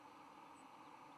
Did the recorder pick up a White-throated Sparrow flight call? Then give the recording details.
no. Another species' flight call is heard. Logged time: 10:34 on 10 November 2014